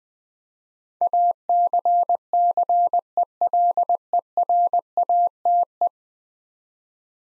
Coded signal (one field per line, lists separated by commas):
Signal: Morse code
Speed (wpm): 20 wpm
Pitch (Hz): 700 Hz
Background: none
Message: ACCELERATE